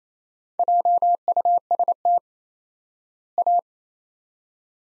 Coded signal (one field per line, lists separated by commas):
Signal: Morse code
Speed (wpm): 28 wpm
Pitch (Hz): 700 Hz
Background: none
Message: JUST A